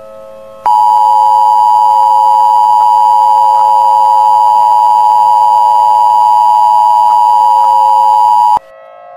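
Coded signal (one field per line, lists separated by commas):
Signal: Emergency Alert System (SAME) tones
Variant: 853 and 960 Hz attention tone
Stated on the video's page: Fictional attack-on-America EAS scenario with mock alerts, not a real broadcast.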